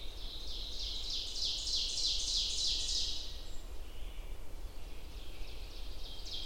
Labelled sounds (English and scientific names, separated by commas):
Ovenbird (Seiurus aurocapilla) song